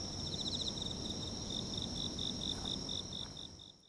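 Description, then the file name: Insect chirping at night: rapid pulsed bursts high in pitch, repeated in short trains over a steady high ringing tone, with a low rumble of background noise. At night in Kashiwa Town, Japan. "Japan Kashiwa Town Night Bug 2 MS 96 Khz 24 Bit"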